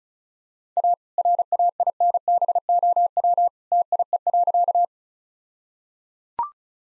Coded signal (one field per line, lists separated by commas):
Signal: Morse code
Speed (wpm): 34 wpm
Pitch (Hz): 700 Hz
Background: none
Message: A RAINBOW TIE.